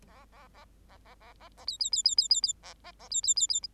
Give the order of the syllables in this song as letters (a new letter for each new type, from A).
A A A A A A A A B B B B B B B A A A B B B B